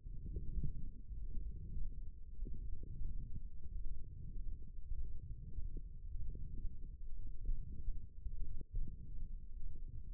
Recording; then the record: forearm muscle sounds (acoustic myography)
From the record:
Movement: forearm supination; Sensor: system 1, eight BSWA MPA416 microphones around the upper forearm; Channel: 2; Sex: male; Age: 21 years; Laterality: right